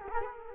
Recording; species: mosquito wingbeat signal from an infrared sensor; Culex quinquefasciatus